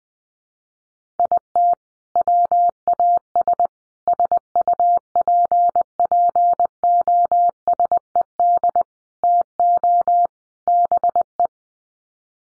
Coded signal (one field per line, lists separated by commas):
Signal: Morse code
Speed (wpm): 20 wpm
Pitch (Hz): 700 Hz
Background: none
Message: IT WAS SUPPOSED TO BE